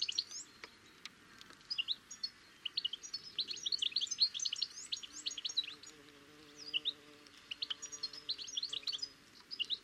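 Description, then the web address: Bird calls in quick bursts of high chirps and squeaky twitters, with a low steady hum through part of the second half. "cianscape. Deverinetal 2025. Bird Only"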